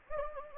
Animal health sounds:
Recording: mosquito wingbeat signal from an infrared sensor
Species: Anopheles gambiae

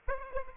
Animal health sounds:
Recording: mosquito wingbeat signal from an infrared sensor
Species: Aedes aegypti

